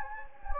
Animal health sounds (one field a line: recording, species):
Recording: mosquito wingbeat signal from an infrared sensor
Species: Anopheles gambiae